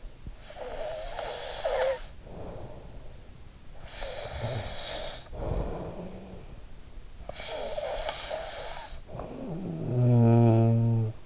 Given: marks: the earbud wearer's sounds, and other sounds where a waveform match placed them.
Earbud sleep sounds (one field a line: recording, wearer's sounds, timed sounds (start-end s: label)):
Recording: sounds in sleep by an in-ear microphone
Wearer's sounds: snoring breath, breath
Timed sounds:
0.00-3.09 s: snoring breath
3.83-6.69 s: breath
7.15-11.26 s: snoring breath